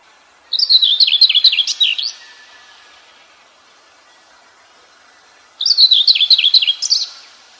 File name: slavka seraja